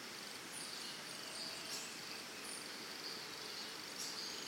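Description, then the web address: Cricket chorus as a steady high shimmering trill, with scattered short bird chirps and whistles above it and a constant background hiss. Early morning in Costa Rica, forest or jungle, crickets with birds. "Big Room Sound Birds Crickets Costa Rica"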